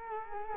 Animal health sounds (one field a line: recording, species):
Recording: mosquito wingbeat signal from an infrared sensor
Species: Culex quinquefasciatus